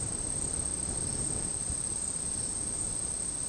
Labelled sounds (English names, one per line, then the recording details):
none
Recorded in dense forest near Puerto Asís, Putumayo, Colombia, on 21 February 2024 at 09:00
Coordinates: 0.486, -76.316
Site G6437